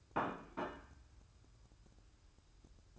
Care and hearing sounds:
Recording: daily activity, microphone in the room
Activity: place plate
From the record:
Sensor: 2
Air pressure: 1007.4 hPa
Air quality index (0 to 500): 44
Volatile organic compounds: 1 ppm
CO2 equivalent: 553 ppm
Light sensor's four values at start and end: 7/18/7/8 and 7/18/7/8

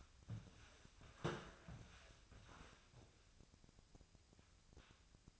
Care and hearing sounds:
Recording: daily activity, microphone in the room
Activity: walk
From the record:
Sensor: 2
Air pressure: 1000.3 hPa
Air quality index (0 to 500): 162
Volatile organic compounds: 3 ppm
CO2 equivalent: 1352 ppm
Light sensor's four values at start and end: 14/38/15/17 and 14/38/15/17

